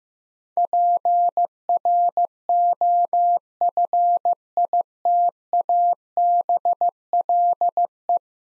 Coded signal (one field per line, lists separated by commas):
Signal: Morse code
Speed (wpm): 15 wpm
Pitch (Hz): 700 Hz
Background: none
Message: PROFITABLE